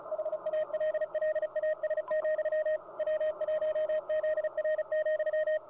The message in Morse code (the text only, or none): HALLAS, W1ZR,